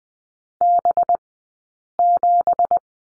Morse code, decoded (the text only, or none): B7